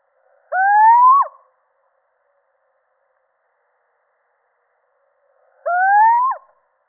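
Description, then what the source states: Little owl sounding two rising, slightly wailing calls about five seconds apart, each finishing with a sharp downward flick; nothing else is heard. Male.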